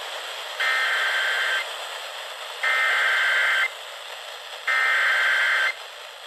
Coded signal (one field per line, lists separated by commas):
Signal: Emergency Alert System (SAME) tones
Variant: header bursts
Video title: EAS Alerts From 5/11-5/12/25: A Compilation (EAS 642-649)